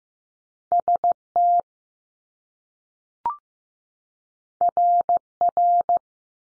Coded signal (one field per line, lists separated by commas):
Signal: Morse code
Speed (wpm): 15 wpm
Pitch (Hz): 700 Hz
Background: none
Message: S T R R